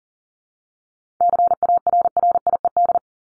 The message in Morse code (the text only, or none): CARRIED